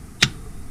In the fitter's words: So just sliding this back, it's snapped in place,